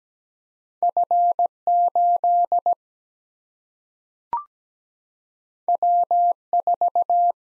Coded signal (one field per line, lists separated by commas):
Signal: Morse code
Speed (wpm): 17 wpm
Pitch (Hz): 700 Hz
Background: none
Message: F 8 W 4